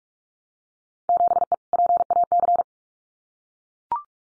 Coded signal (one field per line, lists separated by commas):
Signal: Morse code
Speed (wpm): 44 wpm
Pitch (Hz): 700 Hz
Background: none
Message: 7E PAC